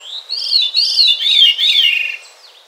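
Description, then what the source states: Veery song: a clear, fluty, rolling phrase of several linked notes spiralling downward over about two seconds, then fading. A thrush of the North Woods; it uses two sets of vocal cords, giving a sound unlike anything else.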